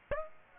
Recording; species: mosquito wingbeat signal from an infrared sensor; Aedes aegypti